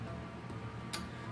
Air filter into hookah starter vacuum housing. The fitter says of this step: snaps right into place so you can see the air filter and then we're gonna put it right back in so